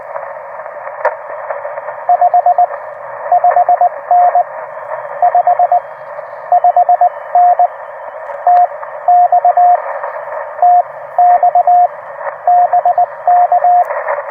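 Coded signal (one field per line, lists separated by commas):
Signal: Morse code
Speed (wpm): 19 wpm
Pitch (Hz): 720 Hz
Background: radio noise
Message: 55N 55N TX TX BK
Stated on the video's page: CW Parks on the Air activation, used as copy practice.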